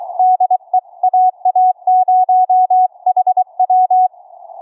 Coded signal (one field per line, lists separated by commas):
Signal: Morse code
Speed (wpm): 22 wpm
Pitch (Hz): 740 Hz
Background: none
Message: DE AA0HW